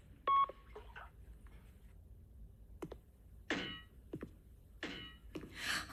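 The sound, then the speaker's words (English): A brief, loud telephone keypad beep sounds once as a call is switched to call waiting, followed by scattered clicks, soft thunks and short rustling bursts as the phone is handled, with no one speaking. “Oh, Kate's on call waiting.”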